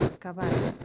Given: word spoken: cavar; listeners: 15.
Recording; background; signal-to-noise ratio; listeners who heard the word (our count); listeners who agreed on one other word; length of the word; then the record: one Spanish word in noise, from a listening test; noise modulated by one talker; -8.5 dB; 3 of 15; 7 of 15; 0.45 s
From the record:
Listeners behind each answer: 7, 3, 3, 2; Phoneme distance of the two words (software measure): 21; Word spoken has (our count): 2 syllables, 5 phonemes, stress on syllable 2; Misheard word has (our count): 3 syllables, 6 phonemes, stress on syllable 2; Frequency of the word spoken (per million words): 1.55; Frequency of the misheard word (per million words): 55.36